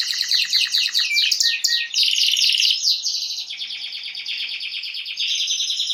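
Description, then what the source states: Canary song: a thick continuous mix of fast rolling trills and buzzy notes at high pitch, with no break. Male Belgian canary named Raiden singing a lot; played to warm up young birds and Belgian canaries.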